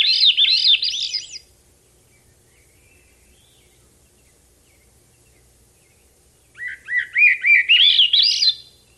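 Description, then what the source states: Swainson's Thrush song, the tail of one spiraling phrase, a long pause, then a fresh phrase climbing steadily upward in reedy flute-like notes. Same song replayed; first stanza has an extra opening phrase, first two stanzas trail out at the end, third cuts itself off.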